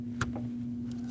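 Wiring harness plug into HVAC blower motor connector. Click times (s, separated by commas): 0.2 s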